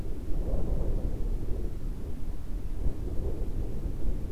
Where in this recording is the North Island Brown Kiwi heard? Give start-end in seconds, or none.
none